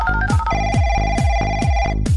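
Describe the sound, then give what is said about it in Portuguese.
A loud electronic telephone ring holds a steady, bright tone, backed by deep rhythmic thumps pulsing about twice a second. No voices. “Testando telefones.”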